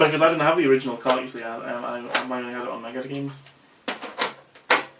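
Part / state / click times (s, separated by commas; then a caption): game cartridge into home video game console slot / seated / 4.7 s. Someone talks, then a plastic game cartridge is pushed down into the slot of a Sega Mega Drive/Genesis retro games console with a two-stage motion. Knocks sound near 3.9 s and 4.6 s, then a sharp click at 4.7 s as the cartridge seats in the slot.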